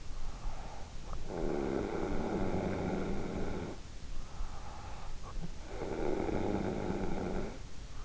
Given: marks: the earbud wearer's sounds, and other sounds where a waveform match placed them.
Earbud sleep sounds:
sounds in sleep by an in-ear microphone; snoring breath
0.85-4.45 s: snoring breath
5.08-8.05 s: snoring breath

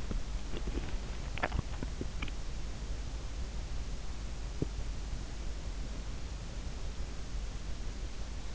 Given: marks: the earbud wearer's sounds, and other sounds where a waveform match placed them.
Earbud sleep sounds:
sounds in sleep by an in-ear microphone; swallowing
1.38-2.20 s: swallowing

